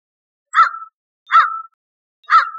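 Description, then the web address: American crow giving three harsh caws at even intervals. "birdvocals CR AMCR 060305"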